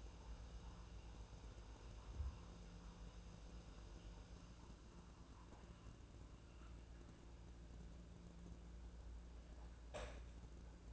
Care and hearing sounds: daily activity, microphone in the room; make coffee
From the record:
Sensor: 2

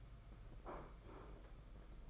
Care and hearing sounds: daily activity, microphone in the room; place plate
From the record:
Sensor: 5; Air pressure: 991.9 hPa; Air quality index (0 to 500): 165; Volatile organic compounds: 387 ppm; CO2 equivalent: 4650 ppm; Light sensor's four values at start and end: 31/107/39/42 and 31/107/39/42

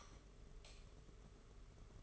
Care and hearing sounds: daily activity, microphone in the room; light off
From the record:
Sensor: 4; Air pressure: 991.8 hPa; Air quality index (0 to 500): 98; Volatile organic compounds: 11 ppm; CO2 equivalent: 2299 ppm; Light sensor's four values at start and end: 8/23/8/10 and 7/16/6/6

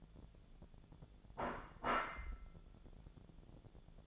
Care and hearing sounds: daily activity, microphone in the room; place plate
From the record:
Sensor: 5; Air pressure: 1000.3 hPa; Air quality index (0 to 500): 120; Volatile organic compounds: 1 ppm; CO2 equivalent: 952 ppm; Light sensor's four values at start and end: 96/226/96/105 and 96/227/97/105

